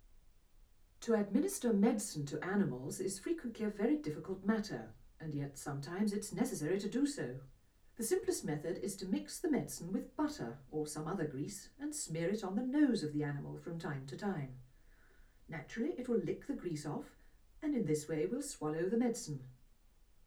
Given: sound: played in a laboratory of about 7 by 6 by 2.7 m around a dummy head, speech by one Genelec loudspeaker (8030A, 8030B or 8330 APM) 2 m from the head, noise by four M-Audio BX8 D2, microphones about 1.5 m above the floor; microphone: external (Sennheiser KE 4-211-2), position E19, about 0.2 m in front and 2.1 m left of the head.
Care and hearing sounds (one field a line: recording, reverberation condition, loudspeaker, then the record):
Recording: female speech in English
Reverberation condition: low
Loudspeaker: 120 degrees to the right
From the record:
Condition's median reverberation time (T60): about 310 ms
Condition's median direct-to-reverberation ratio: about 3.5 dB